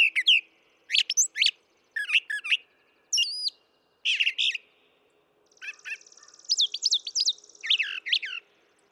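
Brown thrasher song with paired phrases: bright chips, a high slurred whistle and a buzzy trill leading into rising and falling doubled notes.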